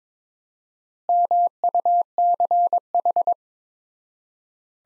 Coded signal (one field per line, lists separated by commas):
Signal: Morse code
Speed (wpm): 22 wpm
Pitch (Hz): 700 Hz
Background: none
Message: MUCH